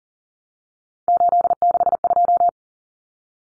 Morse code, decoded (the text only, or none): 862